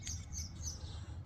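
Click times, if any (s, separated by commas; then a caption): none. The door lock latch of a 2000 F250 extended-cab pickup door is worked by hand, with faint high chirps over a low rumble in the background. At about 1.3 s a sharp snap is heard as the latch springs back open instead of catching. The latch has not caught or clicked into place.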